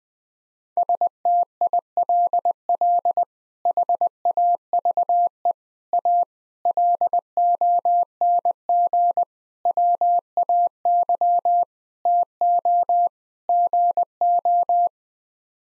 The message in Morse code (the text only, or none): STILL HAVE A LONG WAY TO GO